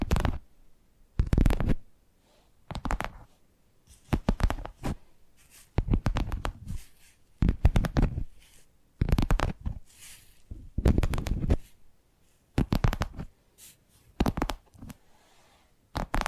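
Tapping triggers come in short, dense bursts of quick taps, each lasting about half a second to a second, repeating roughly every one to two seconds with near-silent gaps between. The taps are sharp and crisp, with a faint soft hiss in some pauses.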